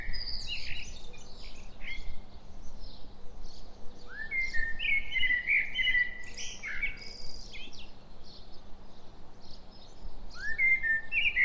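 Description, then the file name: Common blackbird song of fluty, level and rising whistled phrases around the middle pitch, each ending in high scratchy twitters, over a steady low background hum. "Turdus merula"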